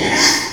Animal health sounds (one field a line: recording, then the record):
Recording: squeal of a Yucatan mini pig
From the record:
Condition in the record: before surgery on the right vocal fold (resection and tissue-engineered implant)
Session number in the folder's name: 2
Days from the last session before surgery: 0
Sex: male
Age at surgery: 12 weeks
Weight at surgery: 13 kg